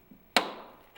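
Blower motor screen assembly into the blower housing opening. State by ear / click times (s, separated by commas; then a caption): seated / 0.4 s. A plastic blower motor screen assembly on a Fiesta is pivoted so its upper tabs seat in the blower housing opening. It gives a single sharp click at 0.4 s that decays over the next half second, with a faint tap near 1.0 s. The screen assembly is locked properly into position.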